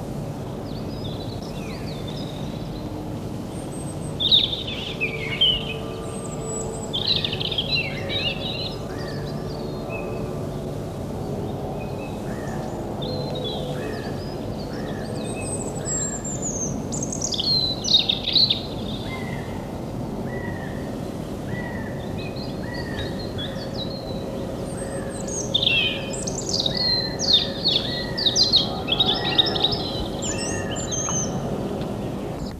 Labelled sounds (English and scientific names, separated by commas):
European Robin (Erithacus rubecula) song